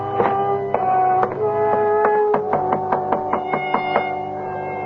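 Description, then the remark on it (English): Sharp raps on the door of a cottage, a few widely spaced knocks followed by a quicker, steady run of about ten more, sounding over a sustained tonal musical drone. “No one answered my knock.”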